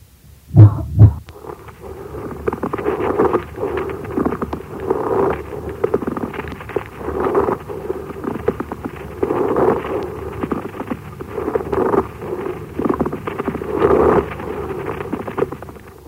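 Two short loud bursts, coughs, come first. They are followed by an interrupted, scratchy grating sound of varying loudness, heard over an adult chest, that recurs with each breath in both phases. This is a pleural friction rub, which stays unchanged after coughing but changes when the stethoscope is pressed against the chest.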